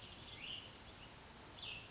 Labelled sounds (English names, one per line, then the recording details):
Cassin's Vireo
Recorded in Sonoma County, California